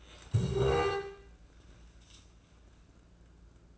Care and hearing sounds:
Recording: daily activity, microphone in the room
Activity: stand up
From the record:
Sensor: 2

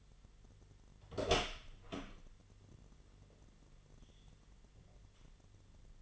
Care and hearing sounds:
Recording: daily activity, microphone in the room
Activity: open door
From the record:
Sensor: 4

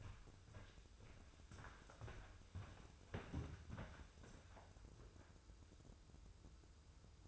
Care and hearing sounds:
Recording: daily activity, microphone in the room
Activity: walk to room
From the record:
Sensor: 2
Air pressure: 995.5 hPa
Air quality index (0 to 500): 79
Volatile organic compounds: 3 ppm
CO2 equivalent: 1416 ppm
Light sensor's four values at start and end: 24/77/30/29 and 23/74/29/28

